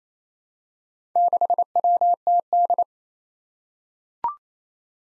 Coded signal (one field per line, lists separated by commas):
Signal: Morse code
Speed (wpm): 27 wpm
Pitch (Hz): 700 Hz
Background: none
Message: 6WTD